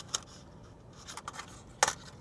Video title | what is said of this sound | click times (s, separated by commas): Drones & Dementia - Mini 4 Pro Prop Guard Test with my Beautiful Mom! 💞 | there we go and then you'll hear the little click | 1.8 s